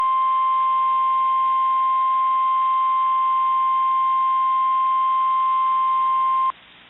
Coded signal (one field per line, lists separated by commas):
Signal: Emergency Alert System (SAME) tones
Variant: 1050 Hz attention tone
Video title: Southwest Iowa Tornado warning #EAS